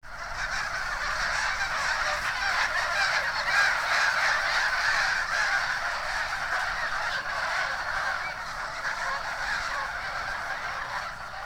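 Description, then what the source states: Birds in a flock giving a steady wall of honking, harsh calls that runs unbroken for over ten seconds with no clear pauses. Flock of birds flying overhead.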